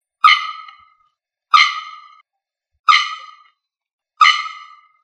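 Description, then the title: Bird calls: four harsh, harmonic notes, each trailing off, repeated roughly every 1.3 seconds with silence between. "LuckyPassaro Completos2Sama"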